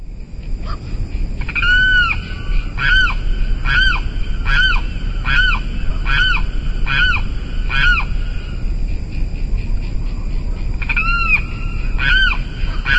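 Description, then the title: Limpkin repeating loud, bell-like arched calls about once per second for several seconds, a short silence, then two more calls; low steady noise throughout. "LuckyPassaro Completos2Sama. Limpkin (Aramus guarauna)"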